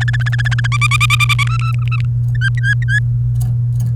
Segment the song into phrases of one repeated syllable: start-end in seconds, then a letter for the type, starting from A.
0.01-0.67 A, 0.72-1.43 B, 1.47-1.96 C, 2.35-2.99 D